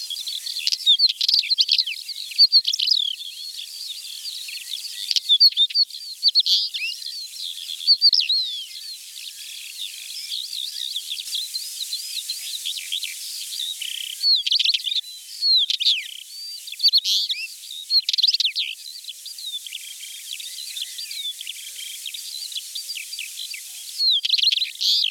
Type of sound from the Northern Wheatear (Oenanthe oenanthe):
song